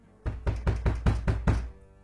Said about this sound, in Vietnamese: Ở bên ngoài vọng lên tiếng đập cửa.